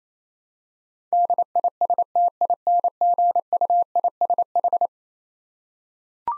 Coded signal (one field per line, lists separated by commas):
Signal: Morse code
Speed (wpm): 27 wpm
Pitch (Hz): 700 Hz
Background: none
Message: DISTINGUISH